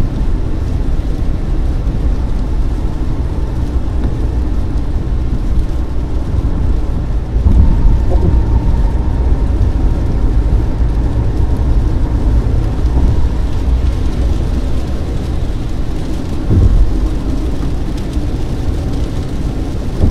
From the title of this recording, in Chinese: 雨天在高速公路上行驶